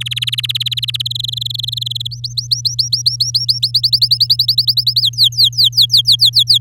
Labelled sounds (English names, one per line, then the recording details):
Domestic Canary song
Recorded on 8 May 2018 at 10:10
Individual llb16